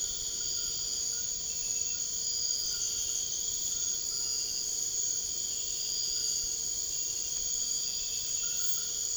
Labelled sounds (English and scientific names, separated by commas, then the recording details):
none
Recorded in secondary vegetation near Puerto Asís, Putumayo, Colombia, on 13 March 2025 at 01:00
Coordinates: 0.488, -76.319
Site G095